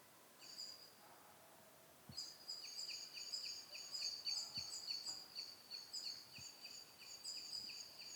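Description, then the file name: Eurasian blackbird calling in a long, rapid chattering run of high, clipped notes, with a few soft clicks in a hissing background. "Turdus merula"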